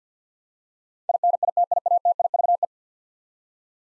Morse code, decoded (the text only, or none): INITIATIVE